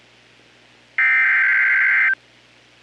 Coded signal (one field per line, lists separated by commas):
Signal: Emergency Alert System (SAME) tones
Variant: header bursts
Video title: TONED Special Weather Statement??? | 6/26/2025 (EAS #1,430-39)